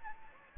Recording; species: mosquito wingbeat signal from an infrared sensor; Anopheles gambiae